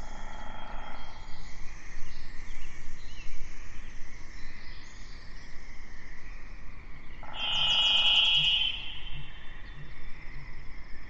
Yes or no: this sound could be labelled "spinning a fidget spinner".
no